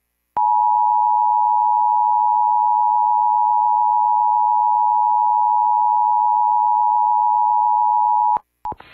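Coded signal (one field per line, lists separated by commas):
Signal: Emergency Alert System (SAME) tones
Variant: 853 and 960 Hz attention tone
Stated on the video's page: PDS tornado warning relayed on an FM station, shown with WeatherSTAR 4000 graphics during a hurricane.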